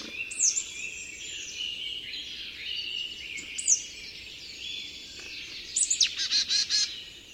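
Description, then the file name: Marsh tit calls: sharp downslurred notes, then a quick run of buzzy notes near the end, over a dense chorus of other high birds. "Poecile palustris"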